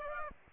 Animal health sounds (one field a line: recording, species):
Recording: mosquito wingbeat signal from an infrared sensor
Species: Aedes aegypti